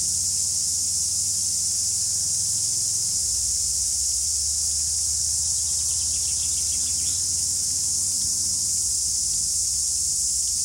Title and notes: The chorus of cicadas is the summer song of the forest. BBC Countryfile Magazine's Sound Escapes